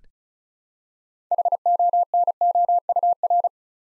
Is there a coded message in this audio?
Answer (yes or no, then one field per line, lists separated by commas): yes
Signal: Morse code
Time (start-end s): 1.3-3.5 s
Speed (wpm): 34 wpm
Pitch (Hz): 700 Hz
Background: none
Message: HONOUR